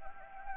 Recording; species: mosquito wingbeat signal from an infrared sensor; Anopheles gambiae